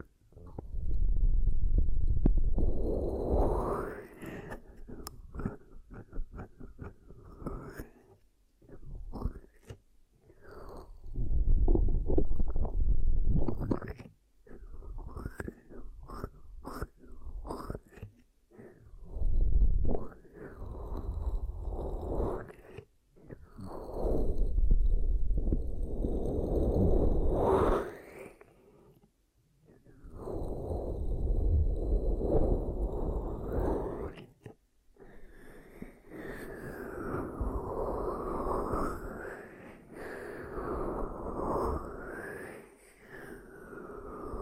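Ear cupping triggers, a series of muffled, hollow swooshes and rubbing sounds that swell and fade in bursts of a few seconds each. The textures shift from low, boomy rumbles to brighter airy whooshes, with short near-silent pauses between them.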